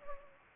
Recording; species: mosquito wingbeat signal from an infrared sensor; Anopheles gambiae